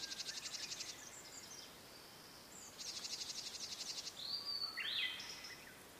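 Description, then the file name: Blue-and-white flycatcher song, two rapid buzzy pulsed trills followed by a sweeping whistled phrase that rises and falls. "oruri"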